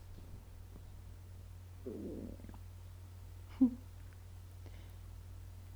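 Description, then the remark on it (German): A hungry stomach rumbles: a low, soft gurgling growl lasting under a second, followed by a brief, sharper squelch, both quiet against a steady low hum, with no talking. “Okay, das war durch meinen Bauch.”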